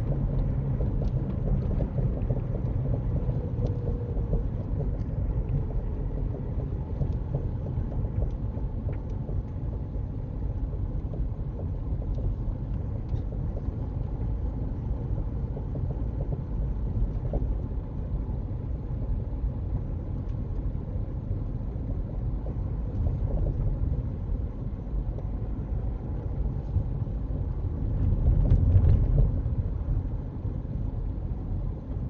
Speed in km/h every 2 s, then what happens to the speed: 42, 39, 32, 31, 27, 29, 32, 31, 29, 27, 29, 27, 29, 29, 27, 26.
0-8 slows to 27. 8-32 steady at about 29.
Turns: none.